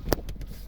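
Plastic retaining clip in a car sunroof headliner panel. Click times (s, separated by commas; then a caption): 0.1 s. A small white plastic retaining clip in the sunroof headliner panel of a W124 is pulled down and snaps loose with a sharp, loud crack at 0.1 s. Two fainter clicks follow at about 0.3 s and 0.4 s, and the clip is released.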